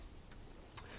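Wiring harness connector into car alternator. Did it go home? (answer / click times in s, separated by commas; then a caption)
yes / 0.3 s, 0.8 s. A plastic wiring harness connector is pushed onto a car alternator, giving two short clicks at 0.3 s and 0.8 s, the second louder. The clicks show the connector has seated, with its retaining hooks popped onto the retaining stud.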